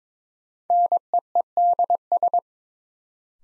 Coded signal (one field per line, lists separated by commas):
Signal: Morse code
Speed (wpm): 22 wpm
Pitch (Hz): 700 Hz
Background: none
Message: NEEDS